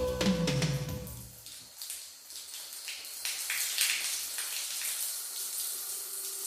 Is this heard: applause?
no